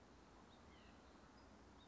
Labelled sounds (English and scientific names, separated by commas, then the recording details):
White-breasted Nuthatch (Sitta carolinensis)
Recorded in Sonoma County, California